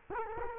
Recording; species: mosquito wingbeat signal from an infrared sensor; Culex quinquefasciatus